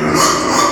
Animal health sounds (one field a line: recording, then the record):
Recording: squeal of a Yucatan mini pig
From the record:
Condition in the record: before surgery on the right vocal fold (resection and tissue-engineered implant)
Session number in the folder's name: 1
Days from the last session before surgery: -3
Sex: male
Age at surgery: 12 weeks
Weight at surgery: 13 kg